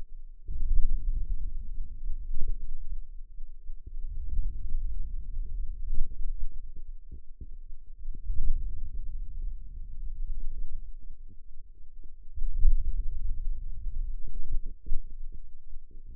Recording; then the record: forearm muscle sounds (acoustic myography)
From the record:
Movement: hand opening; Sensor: system 2, bracelet of six BSWA MPA416 microphones around the upper forearm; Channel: 6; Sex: female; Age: 21 years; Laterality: right